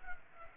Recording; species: mosquito wingbeat signal from an infrared sensor; Culex pipiens